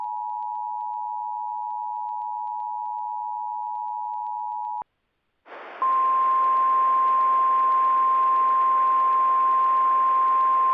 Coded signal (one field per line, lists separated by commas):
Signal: Emergency Alert System (SAME) tones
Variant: 853 and 960 Hz attention tone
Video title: Merry Windmas! (EAS Scenario)